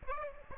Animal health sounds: mosquito wingbeat signal from an infrared sensor; Aedes aegypti

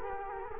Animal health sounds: mosquito wingbeat signal from an infrared sensor; Culex quinquefasciatus

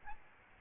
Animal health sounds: mosquito wingbeat signal from an infrared sensor; Aedes albopictus

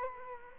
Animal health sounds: mosquito wingbeat signal from an infrared sensor; Culex quinquefasciatus

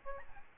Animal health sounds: mosquito wingbeat signal from an infrared sensor; Aedes albopictus

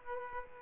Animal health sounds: mosquito wingbeat signal from an infrared sensor; Aedes aegypti

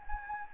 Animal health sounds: mosquito wingbeat signal from an infrared sensor; Anopheles gambiae

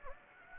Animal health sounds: mosquito wingbeat signal from an infrared sensor; Anopheles gambiae

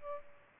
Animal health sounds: mosquito wingbeat signal from an infrared sensor; Culex pipiens

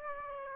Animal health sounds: mosquito wingbeat signal from an infrared sensor; Aedes aegypti

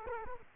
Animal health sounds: mosquito wingbeat signal from an infrared sensor; Culex quinquefasciatus

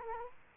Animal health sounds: mosquito wingbeat signal from an infrared sensor; Culex quinquefasciatus

